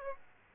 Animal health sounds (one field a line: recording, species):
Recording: mosquito wingbeat signal from an infrared sensor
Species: Aedes aegypti